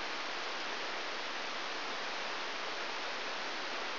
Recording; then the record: brain microelectrode recording played as sound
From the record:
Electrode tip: outside the subthalamic nucleus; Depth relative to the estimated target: -4 mm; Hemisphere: right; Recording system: AlphaMap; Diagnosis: Parkinson's disease